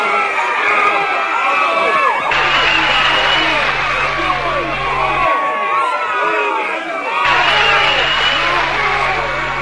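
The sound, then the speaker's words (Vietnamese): A dense crowd at a singing contest, waiting for the next singer, murmurs and shouts continuously, with scattered whistles and whoops rising above the steady, loud babble; a low hum switches on and off underneath. “Có rất nhiều tiếng lao xao, tiếng huýt sáo nổi lên đó đây.”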